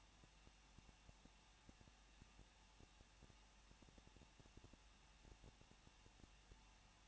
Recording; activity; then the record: daily activity, microphone in the room; no activity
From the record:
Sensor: 1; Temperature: 20.1 degrees Celsius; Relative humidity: 39.0%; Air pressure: 1006.6 hPa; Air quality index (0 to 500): 216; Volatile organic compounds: 71 ppm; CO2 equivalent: 3529 ppm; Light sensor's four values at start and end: 1/2/1/1 and 1/2/1/1